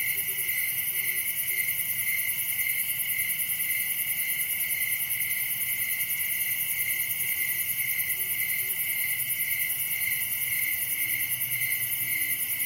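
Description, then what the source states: Cricket chorus, unbroken high-pitched pulsing chirps from many insects overlapping, with soft low background hum throughout. Recorded at night in summer in a wooded area, Dell Creek State Wildlife Area; crickets are the main sound.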